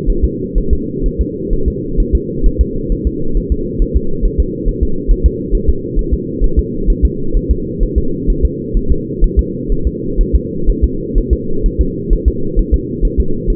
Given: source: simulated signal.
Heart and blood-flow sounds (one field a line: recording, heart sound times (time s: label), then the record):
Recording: fetal heart sounds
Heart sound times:
0.10 s: S1
0.24 s: S2
0.58 s: S1
0.73 s: S2
1.06 s: S1
1.21 s: S2
1.53 s: S1
1.68 s: S2
2.00 s: S1
2.15 s: S2
2.46 s: S1
2.61 s: S2
2.92 s: S1
3.07 s: S2
3.37 s: S1
3.52 s: S2
3.82 s: S1
3.97 s: S2
4.25 s: S1
4.40 s: S2
4.68 s: S1
4.83 s: S2
5.11 s: S1
5.26 s: S2
5.55 s: S1
5.70 s: S2
5.99 s: S1
6.14 s: S2
6.44 s: S1
6.59 s: S2
6.90 s: S1
7.05 s: S2
7.37 s: S1
7.51 s: S2
7.83 s: S1
7.98 s: S2
8.30 s: S1
8.45 s: S2
8.77 s: S1
8.92 s: S2
9.24 s: S1
9.39 s: S2
9.72 s: S1
9.87 s: S2
10.21 s: S1
10.36 s: S2
10.70 s: S1
10.84 s: S2
11.18 s: S1
11.33 s: S2
11.66 s: S1
11.81 s: S2
12.13 s: S1
12.28 s: S2
12.59 s: S1
12.74 s: S2
13.05 s: S1
13.20 s: S2
13.50 s: S1
From the record:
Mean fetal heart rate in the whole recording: 130 bpm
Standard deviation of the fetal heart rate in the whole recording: 4 bpm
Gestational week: 38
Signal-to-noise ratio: -8.1 dB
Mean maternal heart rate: 72 bpm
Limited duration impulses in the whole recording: absent